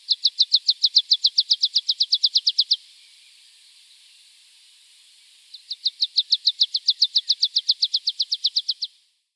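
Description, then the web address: Meadow pipit song: two long runs of fast, evenly spaced high notes separated by a gap, with a faint hiss in the background. "Schulze Peter Meadow Pipit"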